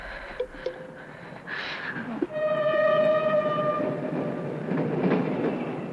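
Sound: moving train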